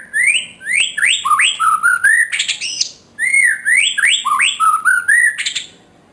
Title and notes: Suara Kicau Burung Murai Batu. burung murai buat masteran